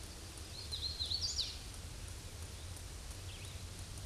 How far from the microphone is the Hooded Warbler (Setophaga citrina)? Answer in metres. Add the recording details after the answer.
about 40 m. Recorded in a Pennsylvania forest on 18 May 2023 at 07:35. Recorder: AudioMoth, point grid1_8_low. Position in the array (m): 146 m, 109 m